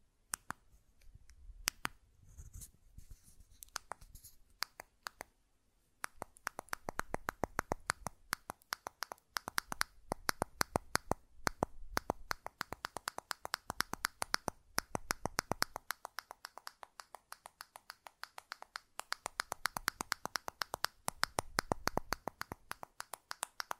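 Buttons click and tap in rapid, uneven bursts, each a sharp, bright snap. The first six seconds are sparse, with scattered clicks and a pause, then the tapping turns dense and nearly continuous. A soft low rumble sits beneath parts of it.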